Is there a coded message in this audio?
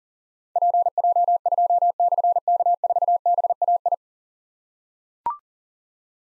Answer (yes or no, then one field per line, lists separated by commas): yes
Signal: Morse code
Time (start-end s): 0.6-3.9 s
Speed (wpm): 38 wpm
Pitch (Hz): 700 Hz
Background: none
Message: PJ2/K4BAI